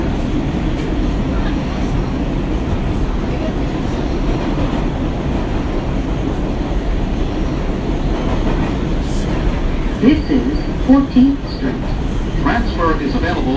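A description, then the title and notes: A steady low rumble of a subway or street fills the whole stretch, dense and unbroken, with murmured voices mixed underneath. Around ten to twelve seconds a few brighter short sounds and clanks rise briefly above the din before it settles back. Noises of streets, subway and museums in New York City.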